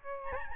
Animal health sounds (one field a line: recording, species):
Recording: mosquito wingbeat signal from an infrared sensor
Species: Aedes albopictus